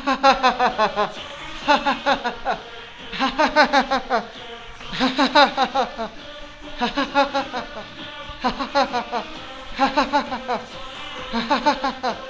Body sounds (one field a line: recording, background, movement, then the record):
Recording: laughter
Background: music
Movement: walking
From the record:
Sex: male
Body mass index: 20.6 kg/m2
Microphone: on the chest, facing the body